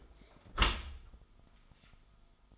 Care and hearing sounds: daily activity, microphone in the room; close dishwasher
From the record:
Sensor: 5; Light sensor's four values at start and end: 32/74/30/29 and 33/76/31/30

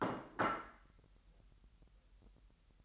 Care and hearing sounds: daily activity, microphone in the room; place plate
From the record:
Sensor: 3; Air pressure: 1002.0 hPa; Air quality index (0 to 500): 247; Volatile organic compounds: 51 ppm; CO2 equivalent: 3309 ppm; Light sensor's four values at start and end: 12/37/16/13 and 12/37/16/13

